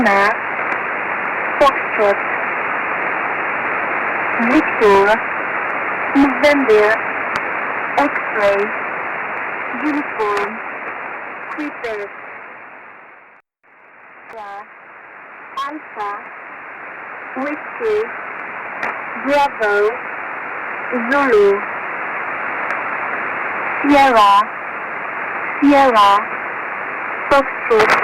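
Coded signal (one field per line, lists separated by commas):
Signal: numbers station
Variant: E10, phonetic alphabet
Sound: voice reading phonetic-alphabet letters one by one over constant radio hiss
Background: radio static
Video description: Exploring the E10 Mossad Number Station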